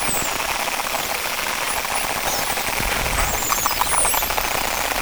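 Whale sounds underwater: dense crackling clicks throughout, with several high, sweeping whistles rising and falling, some overlapping, most clearly in the second half.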